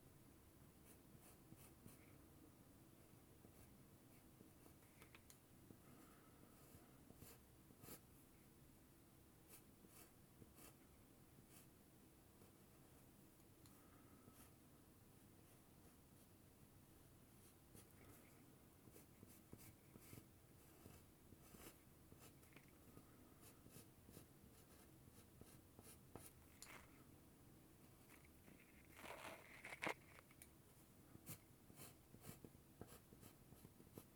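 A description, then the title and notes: A pencil scratches across white paper while a picture is drawn, a steady dry scraping that runs almost unbroken. Short quick strokes and taps come in irregular bursts, growing a little busier toward the end, with one sharper, louder stroke around thirty seconds. 鉛筆で絵を描く音（Binaural）- The sound of drawing a picture with a pencil. 白い紙に鉛筆でカリカリと絵を描きました。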